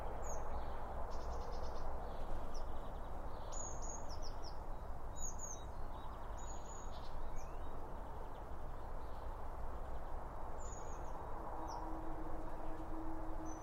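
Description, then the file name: Birds chirping and trilling in quick buzzy bursts with thin high notes, busiest early on, above a constant low background roar. Birds around a bird feeder, recorded with two Line Audio OM1 microphones. "Birds Around Birdfeeding With Two Om 1 From Line Audio"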